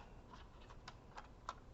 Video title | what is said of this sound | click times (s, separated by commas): Stampin Up using Art in Bloom bundle 2021 Catalogue including the bloom HYBRID embossing folder | where the flowers are, and you can feel it kind of click into place. | 1.5 s